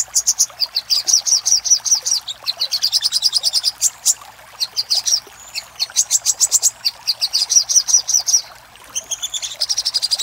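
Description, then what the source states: Little spiderhunter pouring out long runs of fast, high, clipped notes, some buzzy, with short breaks between the bursts. Master recording for training cage birds; Indonesian name sogok ontong, labelled labaik.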